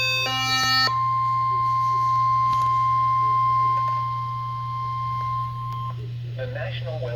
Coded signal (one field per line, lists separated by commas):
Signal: Emergency Alert System (SAME) tones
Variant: 1050 Hz attention tone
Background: speech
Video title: slightly chaotic (eas alerts from may 26-27 2024)(read desc)